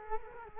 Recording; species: mosquito wingbeat signal from an infrared sensor; Culex quinquefasciatus